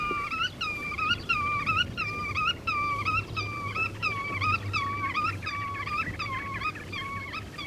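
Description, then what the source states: Godwit song: rapid looping nasal notes repeated rhythmically for the whole stretch, over a soft low rumble. Song rendered as 'vereten, vereten', which gives the bird its Russian name.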